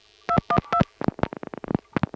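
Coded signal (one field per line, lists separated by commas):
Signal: DTMF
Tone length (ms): 80 ms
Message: 212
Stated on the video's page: Senderized step-by-step telephone exchange in Washingtonville NY, 914 area.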